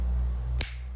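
A plastic socket module is pressed into a wall-plate frame and snaps home with a single sharp click at 0.6 s, over a steady low hum. The module seats fully in the frame.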